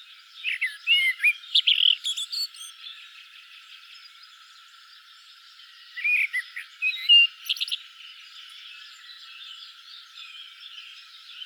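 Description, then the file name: Common blackbird song: two bursts of mellow whistles ending in rapid high twittering, separated by several seconds of quiet background. "Turdus merula"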